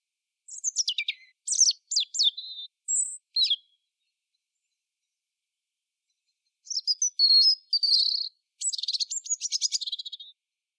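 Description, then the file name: European robin song: high, thin warbled phrases with sliding whistles and quick trills, two bursts separated by a pause of about three seconds, no other sounds. "Erithacus rubecula"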